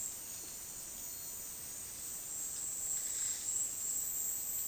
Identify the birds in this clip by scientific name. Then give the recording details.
none. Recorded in dense forest near Puerto Asís, Putumayo, Colombia, on 21 February 2024 at 09:30. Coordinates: 0.466, -76.327. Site G6413